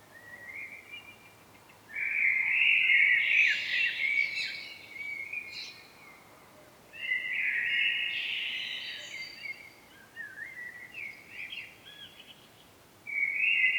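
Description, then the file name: Common blackbird giving several mellow warbling phrases, each rich and fluty with thin high flourishes, spaced by brief silences; the third phrase is softer. "Turdus merula"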